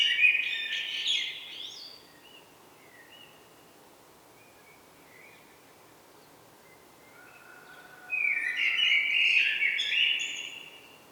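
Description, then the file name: Common blackbird singing: a loud phrase, then a long stretch of faint soft notes before another loud warbled phrase. "Turdus merula"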